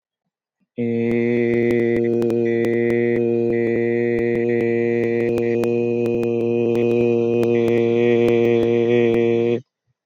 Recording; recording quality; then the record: sustained vowel as in made; excellent, no background noise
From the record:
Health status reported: healthy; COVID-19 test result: not tested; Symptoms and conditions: none ticked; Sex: male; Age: 36 years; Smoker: not ticked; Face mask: not worn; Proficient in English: yes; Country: United States